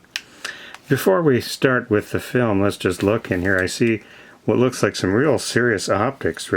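The small latch on the plastic body of an Olympus Stylus 100 Wide 35mm compact film camera is lifted, and the rear film door springs open with a loud, sharp snap at 0.2 s. A few faint ticks follow, then someone talks for the rest of the clip. The back door pops open and is released.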